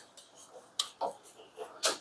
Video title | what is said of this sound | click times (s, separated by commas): CUTTING THE SEATS FOR THE SUBARU EJ25 CYLINDER HEAD | just snaps into place | 0.8 s